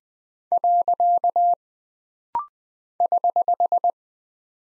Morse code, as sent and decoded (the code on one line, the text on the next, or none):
.-.-.- / ........
. <HH>